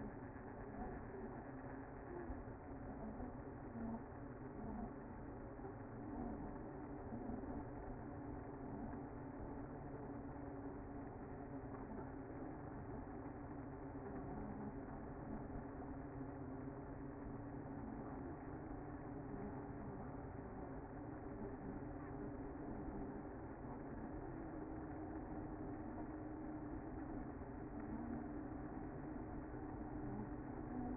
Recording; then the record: honeybee colony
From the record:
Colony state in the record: active